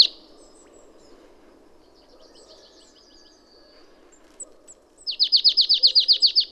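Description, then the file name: Marsh tit calling: a sharp note at the start, faint high chirps, then a rapid series of about a dozen even downslurred notes, over a low steady hum. "Poecile palustris"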